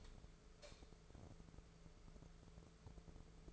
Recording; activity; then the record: daily activity, microphone in the room; light on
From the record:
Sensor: 5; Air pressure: 1014.8 hPa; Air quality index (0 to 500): 170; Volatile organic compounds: 6 ppm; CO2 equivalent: 1870 ppm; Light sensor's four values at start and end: 112/267/115/126 and 114/272/116/128